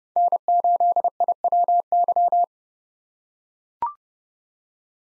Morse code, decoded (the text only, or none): N8IWY